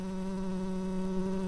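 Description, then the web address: Tree bumblebee buzzing: a steady, low, even drone with a strong humming tone and overtones, holding constant pitch and loudness throughout. Worker tree bumblebees. "Hypnorum workers"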